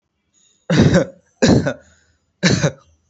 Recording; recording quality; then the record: heavy voluntary cough; excellent, no background noise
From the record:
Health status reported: healthy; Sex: male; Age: 25 years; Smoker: no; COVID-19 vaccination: one dose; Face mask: not worn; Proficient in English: yes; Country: India